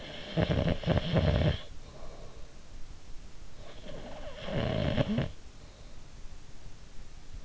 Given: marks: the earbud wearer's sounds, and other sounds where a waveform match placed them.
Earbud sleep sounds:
sounds in sleep by an in-ear microphone; snoring breath
0.00-2.49 s: snoring breath
3.75-5.52 s: snoring breath

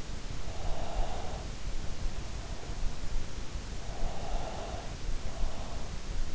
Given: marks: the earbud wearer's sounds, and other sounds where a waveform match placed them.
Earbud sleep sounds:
sounds in sleep by an in-ear microphone; breath
0.74-1.94 s: breath
4.05-5.94 s: breath

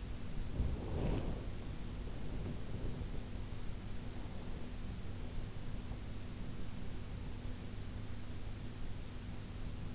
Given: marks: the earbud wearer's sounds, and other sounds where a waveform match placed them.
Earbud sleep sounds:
sounds in sleep by an in-ear microphone; body movement
0.00-1.99 s: body movement

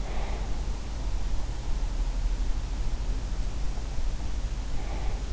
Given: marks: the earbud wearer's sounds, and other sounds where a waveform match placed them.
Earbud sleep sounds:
sounds in sleep by an in-ear microphone; breath
0.00-0.62 s: breath
4.75-5.32 s: breath

